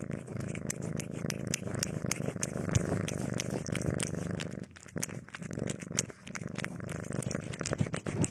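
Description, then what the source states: Cat purring, a continuous low rumble overlaid by frequent sharp clicks and rustling, easing briefly near the middle. Domestic cat recorded eating, sleeping and playing; presented as sleep-aid white noise.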